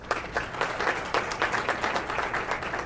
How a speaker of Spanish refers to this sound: A todos ustedes, mi profundo y sincero agradecimiento y pido un aplauso también para todos ustedes en este sentido.